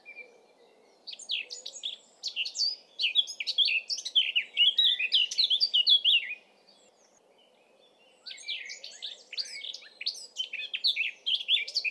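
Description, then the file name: Eurasian blackcap singing two long, hurried warbles of mixed sweet and scratchy notes, the first about five seconds long, the second starting after a short pause. "Sylvia atricapilla"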